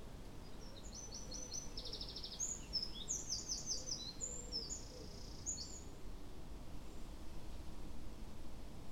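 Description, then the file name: Eurasian wren song: a rapid, high-pitched outpouring of buzzy trills and sharp notes lasting about five seconds, fairly faint over a steady low rumble. "Troglodytes troglodytes"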